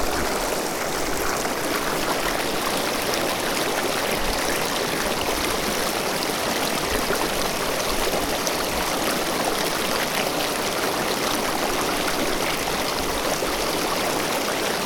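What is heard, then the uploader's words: Running water rushes steadily throughout, a dense, constant wash like a stream or small cascade. The sound sits mostly in the mid and upper range with fine crackling detail, unchanging in level from start to finish, with no other sounds standing out. Water.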